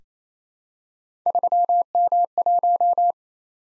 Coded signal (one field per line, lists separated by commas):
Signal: Morse code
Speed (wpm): 27 wpm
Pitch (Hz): 700 Hz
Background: none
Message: 3M1